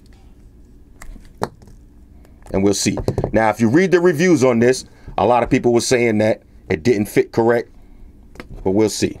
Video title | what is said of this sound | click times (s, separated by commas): Samsung Gear S2 SKYLET Replacement Bands | this out now let me pop this band off of my gear S2 | 1.4 s